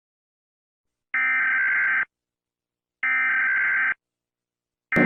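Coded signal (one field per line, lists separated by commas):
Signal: Emergency Alert System (SAME) tones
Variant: header bursts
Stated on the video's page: Fictional EAS scenario; the SAME tones are a simulated alert, not a real broadcast.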